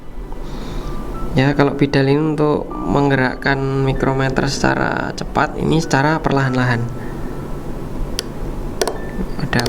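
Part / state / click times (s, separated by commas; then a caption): micrometer ratchet stopper on the thimble of an outside micrometer / torque reached / 8.2 s, 8.8 s, 8.9 s, 9.5 s, 9.6 s, 9.7 s. Someone talks while the ratchet stopper behind the metal thimble of an outside micrometer is turned slowly until the spindle meets the work. The ratchet then slips with a series of sharp clicks at 8.2, 8.8, 8.9, 9.5, 9.6 and 9.7 seconds. The click sound is fine.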